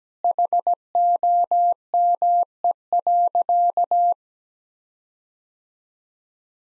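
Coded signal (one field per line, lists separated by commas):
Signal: Morse code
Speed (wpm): 17 wpm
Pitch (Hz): 700 Hz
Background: none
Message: HOME.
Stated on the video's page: Morse code practice at 17 wpm, sending sentences of common seven-word phrases, each sent twice.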